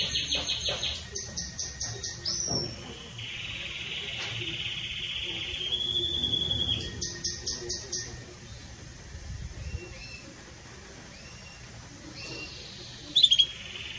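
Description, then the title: Belgian canary song: rapid repeated notes, then long sustained whistled tones and trills with gaps, over background hiss, with a short loud burst near the end. Pure campainha-style song with pauses, for training. "Canto Canário Belga Campainha Puro Com Pausa Para Treinamento"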